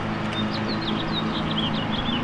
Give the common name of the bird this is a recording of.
House Finch